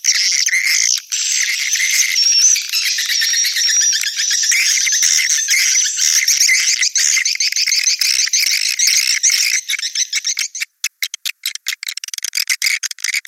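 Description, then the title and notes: Swiftlets give high, dense buzzy chatter with a faint thin whistle, then breaking into rapid clipped bursts near the end. Swiftlet sound used in swiftlet farming, Asia. "Swiflet Bird Sound. Farming Swiflet Bird asia sound"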